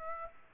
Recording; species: mosquito wingbeat signal from an infrared sensor; Aedes aegypti